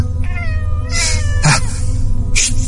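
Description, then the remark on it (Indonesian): An angry black cat, just shooed away and kicked, glares and lets out a long, strained yowl with wavering harmonics, then sharper hissing bursts, all loud and with no talking. “Karena aku kurang suka kucing, aku mengusirnya dan menendangnya hingga kucing itu melotot ke arahku dengan muka yang marah.”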